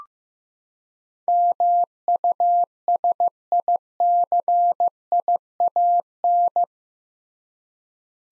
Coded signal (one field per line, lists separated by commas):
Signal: Morse code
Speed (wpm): 15 wpm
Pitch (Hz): 700 Hz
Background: none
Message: MUSICIAN